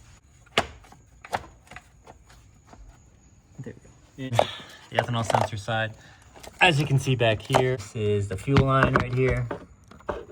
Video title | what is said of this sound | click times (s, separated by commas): How to Install a MHD Flex Fuel Kit + OTS Flex Setup! | Once you have that plugged in, you'll hear a click usually, click, click. | 0.6 s